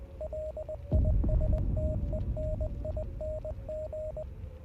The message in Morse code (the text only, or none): LISTENING